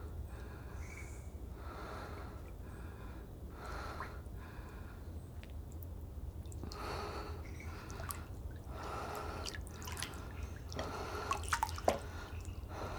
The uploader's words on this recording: In that crossover point in time when some creatures are settling down for the evening and some are just waking up, Jungle JuJu sinks into her outdoor hot tub. These twilight calls soon become the backing track to the sounds of the water lapping.